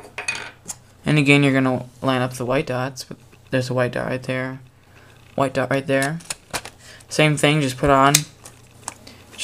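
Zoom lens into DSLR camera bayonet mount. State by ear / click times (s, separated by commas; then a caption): seated / 8.9 s. A Nikkor 55-200mm f/4-5.6 ED VR DX zoom lens is lined up by its white dots with the bayonet mount of a second DSLR body, a D60, and turned until the mount latches. Someone talks throughout, with short clicks and handling sounds around the camera. The lens clicks home and is seated at 8.9 s.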